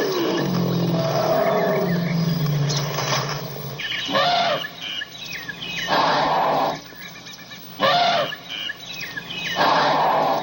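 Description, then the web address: Myna giving harsh, chattering calls, continuous at first and then in loud bursts roughly every two seconds, with squeaky notes mixed in over a steady low hum. "animal-sound myna-sound"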